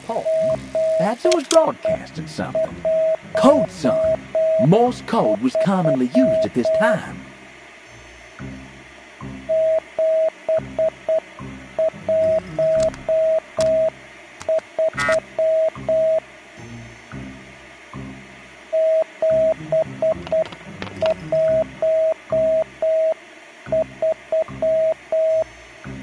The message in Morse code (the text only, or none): 713 713 713